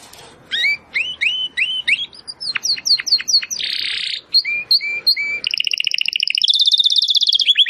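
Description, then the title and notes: Domestic canary song: looping upslurred whistles, a loud buzzy rasp, then very fast rolling trills at high pitch, varied. Belgian canary singing; labelled 'Campainha'. "Canário Belga Campainha Canary Singing. Canario Belga Cantando"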